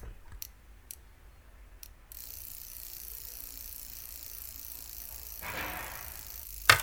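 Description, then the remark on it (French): A bicycle ride with a steady rushing hiss of motion and a few sharp freewheel clicks early on, a swell of louder whooshing near the end, then a brief final knock. “Ce qu'on entend ici, ce n'est pas juste un trajet, c'est le vélo qui nous parle.”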